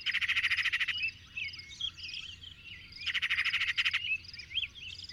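Bird song in two loud buzzy rattling bursts, with warbled and twittering notes between them.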